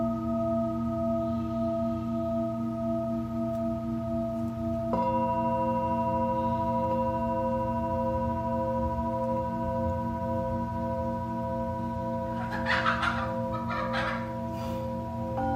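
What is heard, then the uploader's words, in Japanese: A singing bowl hums with a steady, layered ring, its tones sustained evenly throughout. Near five seconds a second strike adds fresh brighter overtones that keep ringing. Around twelve to fifteen seconds, brief higher chirping or clucking sounds flutter in the background. メキシコから シンギングボウルのサウンドヒーリング。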